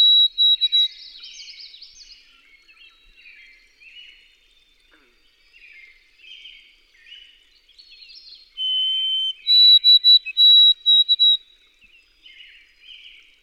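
White-throated sparrow: soft, busy twittering of other birds for several seconds before a White-throated sparrow whistles one pure, steady note, then a run of higher, stuttered whistled notes.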